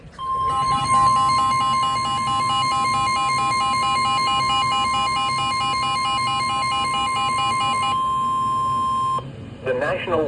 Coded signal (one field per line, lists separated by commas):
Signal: Emergency Alert System (SAME) tones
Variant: 1050 Hz attention tone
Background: speech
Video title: EAS #31 (SVR)